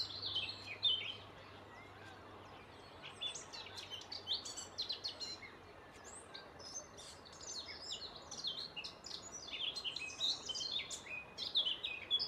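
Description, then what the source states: Eurasian blackcap singing a busy, varied warble of quick high chirps and clear fluty phrases, briefly quieter in the middle before continuing strongly, over a soft low hum that fades out partway through. Male, singing.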